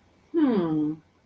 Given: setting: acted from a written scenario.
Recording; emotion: vocal sound without words; realization